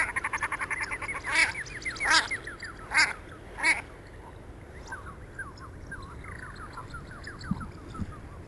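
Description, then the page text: Common shelduck giving a brief rapid cackle, then four loud harsh barks, followed by softer repeated downslurred notes trailing off. "Marco Dragonetti - Пеганка (Tadorna tadorna)"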